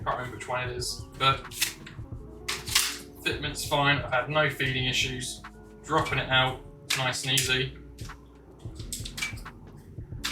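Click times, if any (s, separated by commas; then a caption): none. A magazine is dropped out of an AirTac HPA mag adapter on an MK23 airsoft pistol and handled while someone talks. Brief sharp handling sounds are heard around 2.5 s and 8.9 s. The clip ends before the magazine goes back in, so nothing has seated or clicked yet.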